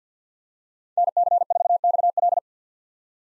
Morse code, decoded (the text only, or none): NC4XL